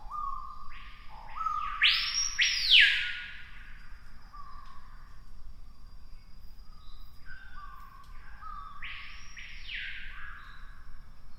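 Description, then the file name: Screaming piha screams: two loud, ringing whistles that swoop up and fall away, about seven seconds apart, over a steady background of rapidly repeated lower notes. "piha bird scream"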